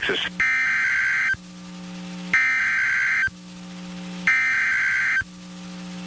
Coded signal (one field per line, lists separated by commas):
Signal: Emergency Alert System (SAME) tones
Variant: header bursts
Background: speech